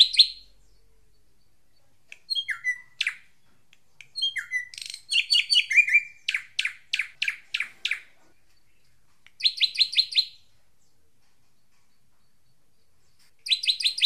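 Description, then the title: Drongo mixing downslurred whistles, harsh buzzy notes and a steady series of sharp chips, then fast ticking bursts separated by pauses; quiet background. "Suara Srigunting. Hobiburung"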